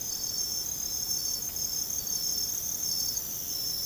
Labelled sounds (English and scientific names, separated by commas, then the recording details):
none
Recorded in secondary vegetation near Puerto Asís, Putumayo, Colombia, on 20 December 2024 at 00:00
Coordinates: 0.468, -76.324
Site G095